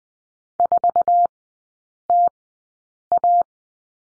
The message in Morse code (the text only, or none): 4TA